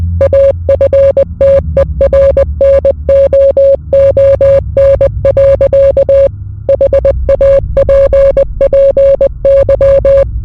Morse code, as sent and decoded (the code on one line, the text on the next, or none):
.- ..-. - . .-. -. --- --- -. .-.-.- / .... .- .--. .--. -.--
AFTERNOON. HAPPY